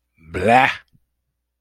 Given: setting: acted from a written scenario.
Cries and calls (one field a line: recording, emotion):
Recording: vocal sound without words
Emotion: disgust